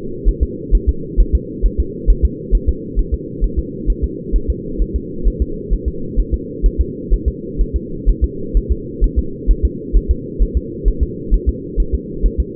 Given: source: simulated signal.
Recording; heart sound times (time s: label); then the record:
fetal heart sounds
0.29 s: S1
0.43 s: S2
0.75 s: S1
0.89 s: S2
1.21 s: S1
1.35 s: S2
1.66 s: S1
1.80 s: S2
2.10 s: S1
2.25 s: S2
2.55 s: S1
2.69 s: S2
2.99 s: S1
3.14 s: S2
3.44 s: S1
3.59 s: S2
3.90 s: S1
4.04 s: S2
4.36 s: S1
4.50 s: S2
4.82 s: S1
4.96 s: S2
5.28 s: S1
5.42 s: S2
5.73 s: S1
5.88 s: S2
6.20 s: S1
6.34 s: S2
6.66 s: S1
6.81 s: S2
7.14 s: S1
7.28 s: S2
7.61 s: S1
7.76 s: S2
8.09 s: S1
8.24 s: S2
8.57 s: S1
8.72 s: S2
9.04 s: S1
9.19 s: S2
9.51 s: S1
9.65 s: S2
9.97 s: S1
10.11 s: S2
10.42 s: S1
10.57 s: S2
10.88 s: S1
11.03 s: S2
11.34 s: S1
11.49 s: S2
11.80 s: S1
11.95 s: S2
12.26 s: S1
12.40 s: S2
From the record:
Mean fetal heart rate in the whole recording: 130 bpm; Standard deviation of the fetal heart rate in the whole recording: 2 bpm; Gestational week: 36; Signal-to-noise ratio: -4.3 dB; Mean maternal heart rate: 72 bpm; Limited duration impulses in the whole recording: absent